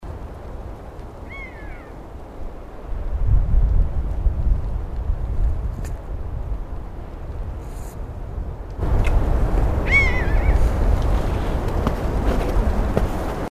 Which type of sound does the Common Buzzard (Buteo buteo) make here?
call